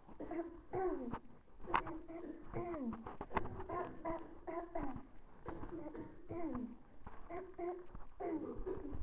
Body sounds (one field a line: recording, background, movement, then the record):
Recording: throat clearing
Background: a bystander coughing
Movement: walking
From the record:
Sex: female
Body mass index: 18.8 kg/m2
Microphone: on the chest, facing the body